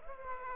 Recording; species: mosquito wingbeat signal from an infrared sensor; Aedes aegypti